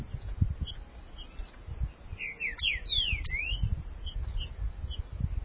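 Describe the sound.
Green-winged saltator song: a short burst of clear, slurred whistles sweeping down and up, heard once in the middle over steady low rumbling noise.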